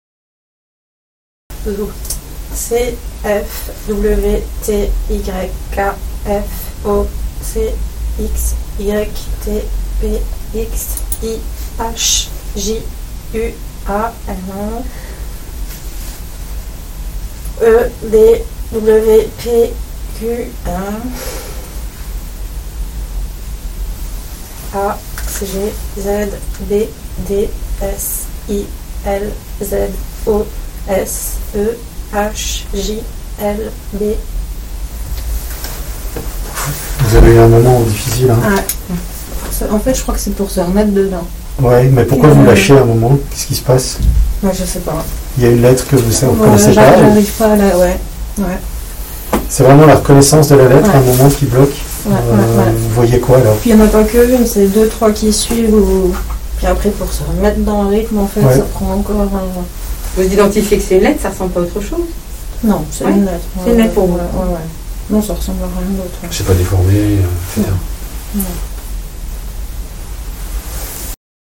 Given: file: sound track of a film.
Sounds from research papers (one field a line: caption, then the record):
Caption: Therefore, we designed a task in which she had to name letters at a fast rate in an RSVP mode (1.818 Hz).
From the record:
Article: Intracerebral Electrical Stimulation of the Left Occipito-Temporal Cortex Induces Pure Alexia